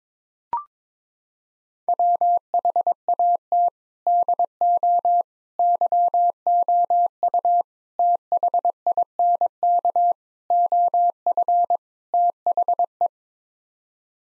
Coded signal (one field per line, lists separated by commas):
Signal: Morse code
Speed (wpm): 22 wpm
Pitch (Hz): 700 Hz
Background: none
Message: WHAT DO YOU THINK OF THE